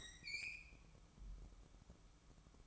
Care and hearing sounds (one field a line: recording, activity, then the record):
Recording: daily activity, microphone in the room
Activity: open fridge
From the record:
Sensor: 1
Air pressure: 1007.7 hPa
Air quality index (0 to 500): 92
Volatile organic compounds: 1 ppm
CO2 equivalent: 787 ppm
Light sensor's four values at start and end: 14/35/14/16 and 14/35/14/16